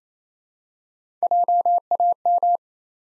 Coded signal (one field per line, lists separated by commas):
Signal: Morse code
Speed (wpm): 27 wpm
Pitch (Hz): 700 Hz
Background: none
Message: JAM